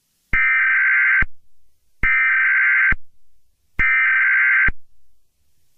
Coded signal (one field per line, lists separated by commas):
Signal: Emergency Alert System (SAME) tones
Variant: header bursts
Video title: EAS (Mini) Scenario #51: Among Us Spaceships Crash into earth